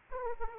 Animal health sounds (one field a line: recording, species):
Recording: mosquito wingbeat signal from an infrared sensor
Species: Aedes aegypti